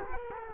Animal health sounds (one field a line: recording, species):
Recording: mosquito wingbeat signal from an infrared sensor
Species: Culex quinquefasciatus